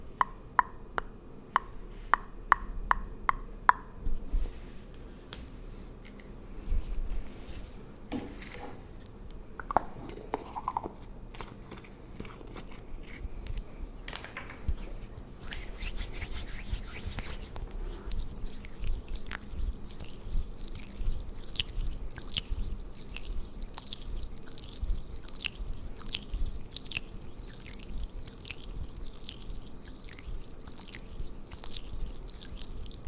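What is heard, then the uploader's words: Pampering sounds for skin and hair. A quick run of light, regular taps opens, followed by scattered clicks and soft handling; from about fifteen seconds on, steady, crisp brushing and rubbing fills the rest. ASMR Pampering Your Skin & Hair for Fall Layered Sounds Tingly Sounds For Sleep( No Talking ).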